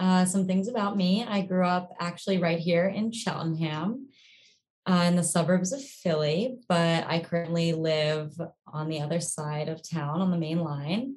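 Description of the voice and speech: A young adult woman speaks fluently in a clear, even voice, with natural phrasing and brief pauses between phrases. Articulation and voice quality are ordinary, with no hesitations, repetitions or strain. Typical adult conversational speech.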